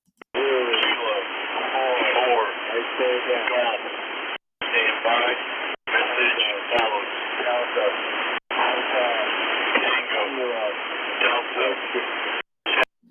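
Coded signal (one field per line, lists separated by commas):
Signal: coded military voice message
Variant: US Emergency Action Message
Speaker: so you can actually hear two distinct male voices in this recording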